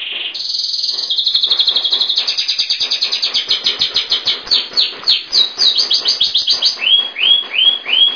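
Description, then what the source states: Bird singing a fast, high-pitched song of rapid repeated chirps and trills, shifting into slurred rising notes toward the end. Labelled as masteran.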